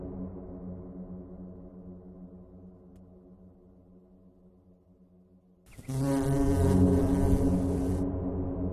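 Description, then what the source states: Bee buzzing, a low hum that gradually softens, then a sudden loud, bright buzz bursts in for the last three seconds. More than one bee, buzzing.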